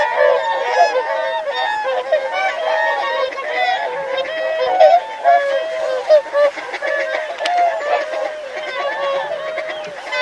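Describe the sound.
Whooper swans calling as a noisy flock, continuous overlapping bugling honks and trumpeting notes throughout.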